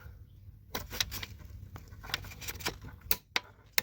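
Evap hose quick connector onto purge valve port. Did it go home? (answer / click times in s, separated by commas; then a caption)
yes / 3.4 s. The second plastic quick connector on an evap vapor line is pushed onto the purge valve port during a purge valve replacement on a 2017 BMW X1 28i. Scattered handling clicks and rattles lead up to a sharp click at 3.4 s, and the connector is seated.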